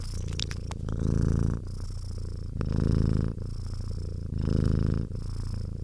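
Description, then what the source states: Cat purring, a steady low rumble that swells louder on each breath, roughly every one and a half to two seconds, with faint clicks at the start. Happy cat purring.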